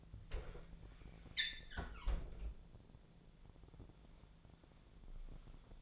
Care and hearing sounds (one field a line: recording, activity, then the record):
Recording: daily activity, microphone in the room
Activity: close fridge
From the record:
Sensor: 5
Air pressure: 1000.2 hPa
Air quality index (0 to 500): 104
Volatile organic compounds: 1 ppm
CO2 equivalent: 839 ppm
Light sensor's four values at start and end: 222/530/225/245 and 217/517/219/238